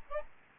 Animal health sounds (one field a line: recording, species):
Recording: mosquito wingbeat signal from an infrared sensor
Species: Aedes albopictus